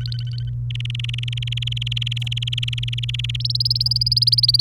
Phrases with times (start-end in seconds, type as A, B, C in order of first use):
0.00-0.50 A, 0.70-3.36 B, 3.40-4.61 C